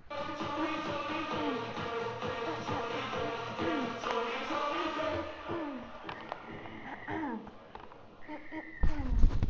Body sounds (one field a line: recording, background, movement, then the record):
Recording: throat clearing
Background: music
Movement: sitting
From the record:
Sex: female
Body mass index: 18.8 kg/m2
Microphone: on the chest, facing outward